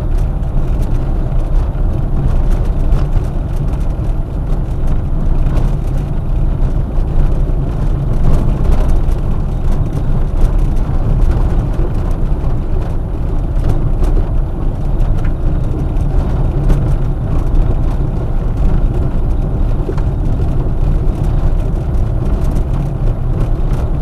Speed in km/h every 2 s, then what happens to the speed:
25, 25, 25, 21, 22, 24, 26, 26, 27, 26, 26, 25.
0-6 steady at about 25. 6-15 speeds up to 27. 15-24 steady at about 26.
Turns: none.